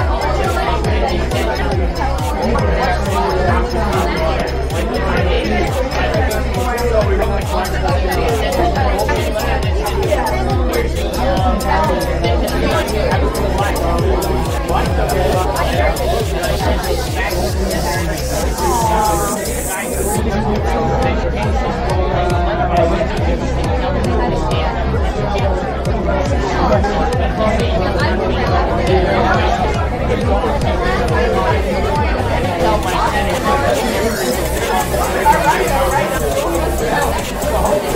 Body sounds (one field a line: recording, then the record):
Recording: background sound without coughing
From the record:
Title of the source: Nightlife Party Simulating Party Club Noise 1 Hour